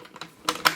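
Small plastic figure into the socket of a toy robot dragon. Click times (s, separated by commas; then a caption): 0.5 s, 0.7 s. A small plastic figure is pushed into its socket at the bottom of a plastic dragon robot toy. After a few faint taps, it clicks into place with two sharp plastic clicks at 0.5 s and 0.7 s, the second one louder. The figure is seated.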